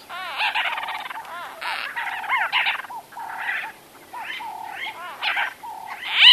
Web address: white-fronted bee-eater